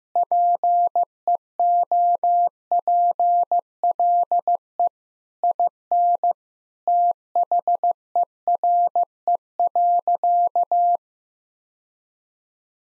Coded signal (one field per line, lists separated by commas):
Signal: Morse code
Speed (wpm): 16 wpm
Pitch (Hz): 700 Hz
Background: none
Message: PEOPLE IN THERE.